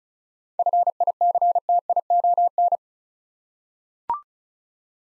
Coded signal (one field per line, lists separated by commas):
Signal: Morse code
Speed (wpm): 36 wpm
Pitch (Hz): 700 Hz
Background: none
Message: FICTION